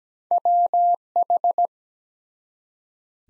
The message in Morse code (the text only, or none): WH